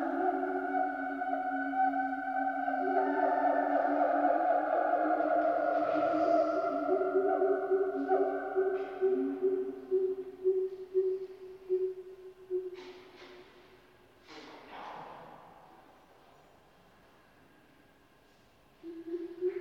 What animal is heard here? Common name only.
Siamang